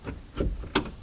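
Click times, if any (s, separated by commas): 0.8 s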